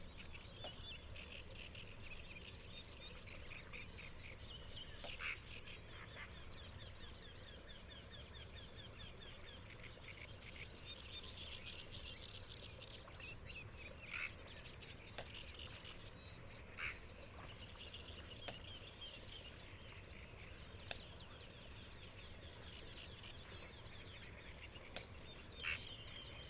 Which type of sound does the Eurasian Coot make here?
call